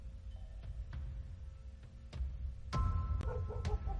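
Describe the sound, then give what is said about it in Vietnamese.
A flock of barn owls overhead gives harsh, raspy screeches over a low rumble, with a few sharp clicks early on, then a louder, rougher burst of screeching in the last second and a half. “Giọng nói vừa cất lên, trên cao bầy chim lợn lại kêu en ép.”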